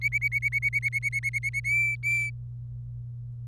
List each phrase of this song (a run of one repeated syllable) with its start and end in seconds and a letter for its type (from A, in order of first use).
0.01-1.60 A, 1.64-2.30 B